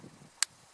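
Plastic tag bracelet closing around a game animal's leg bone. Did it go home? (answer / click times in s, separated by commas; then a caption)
yes / 0.4 s. A plastic hunting tag bracelet, passed around a game animal's leg bone, is clipped shut. Faint low rustling precedes a single sharp, bright click at 0.4 s. The bracelet is properly closed.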